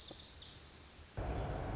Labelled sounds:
Lazuli Bunting
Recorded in Sonoma County, California

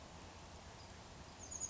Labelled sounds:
Chestnut-backed Chickadee
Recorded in Sonoma County, California

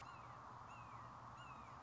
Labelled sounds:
Red-shouldered Hawk
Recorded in Sonoma County, California

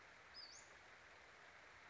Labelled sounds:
Western Flycatcher
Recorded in Sonoma County, California

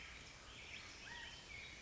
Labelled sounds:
California Quail
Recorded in Sonoma County, California

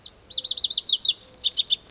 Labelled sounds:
Lazuli Bunting
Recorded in Sonoma County, California

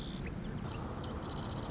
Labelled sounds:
Marsh Wren
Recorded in Sonoma County, California

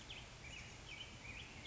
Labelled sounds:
Black-headed Grosbeak
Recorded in Sonoma County, California

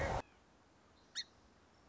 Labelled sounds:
Song Sparrow
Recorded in Sonoma County, California

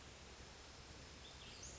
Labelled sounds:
Western Flycatcher
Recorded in Sonoma County, California

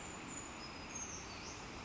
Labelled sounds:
Brown Creeper
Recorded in Sonoma County, California

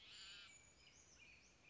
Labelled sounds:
Brown Creeper
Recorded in Sonoma County, California

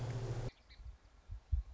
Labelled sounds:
Song Sparrow
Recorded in Sonoma County, California

